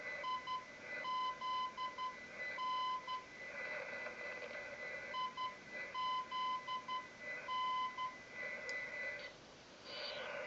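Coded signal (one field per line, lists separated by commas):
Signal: Morse code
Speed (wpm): 10 wpm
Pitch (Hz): 1020 Hz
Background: none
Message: IZN IZN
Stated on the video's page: VLF signals received on a Flex-6300 between 10 and 400 kHz; some broadcast birdies mixed in.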